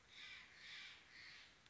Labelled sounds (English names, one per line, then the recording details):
Steller's Jay
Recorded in Sonoma County, California